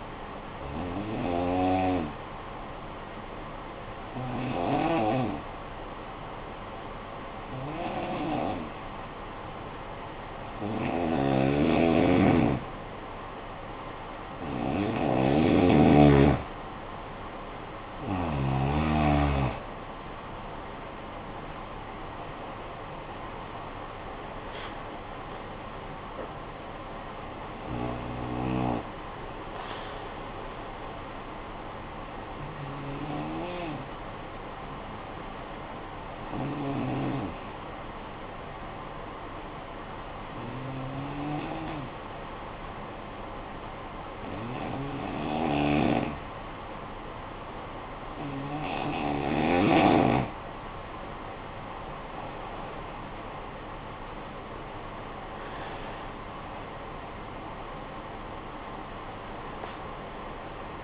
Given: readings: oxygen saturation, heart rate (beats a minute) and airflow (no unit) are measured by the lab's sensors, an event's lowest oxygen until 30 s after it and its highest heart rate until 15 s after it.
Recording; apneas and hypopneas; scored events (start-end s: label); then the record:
breathing in sleep by a voice recorder at the bedside; 2
2.00-32.00 s: new sleep stage, N2 (light sleep)
3.00-18.30 s: hypopnea (N2, oxygen 95% highest, then 90% lowest, heart rate 53 at the start, 70 highest)
32.00-60.84 s: new sleep stage, N1 (lightest sleep)
36.00-51.30 s: hypopnea (N1, oxygen 96% highest, then 87% lowest, heart rate 58 at the start, 76 highest)
From the record:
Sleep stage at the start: N1 (lightest sleep); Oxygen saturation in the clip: 88 to 96%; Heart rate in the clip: 53 to 76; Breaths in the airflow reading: 15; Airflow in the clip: -11.1 to 10.7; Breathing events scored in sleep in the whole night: 445 in 7.6 hours asleep